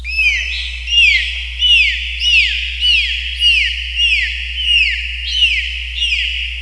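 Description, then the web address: Dolphin whistles: a series of similar bright arching whistles, each falling in pitch, repeated roughly every three-quarters of a second. "Rain Forest Vines. dolphins"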